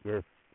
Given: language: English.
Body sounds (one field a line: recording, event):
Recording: throat vibration sensor signal played as sound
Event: speech